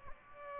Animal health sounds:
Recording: mosquito wingbeat signal from an infrared sensor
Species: Aedes aegypti

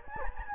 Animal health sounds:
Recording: mosquito wingbeat signal from an infrared sensor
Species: Anopheles gambiae

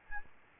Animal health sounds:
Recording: mosquito wingbeat signal from an infrared sensor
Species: Aedes albopictus

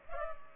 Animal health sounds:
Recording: mosquito wingbeat signal from an infrared sensor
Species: Culex pipiens

